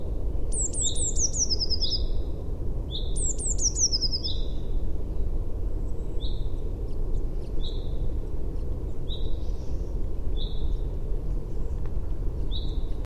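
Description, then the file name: Eurasian blue tit giving thin, high notes that slide downward, followed by a string of short lower notes, with several phrases over steady low rumbling noise. "Cyanistes caeruleus"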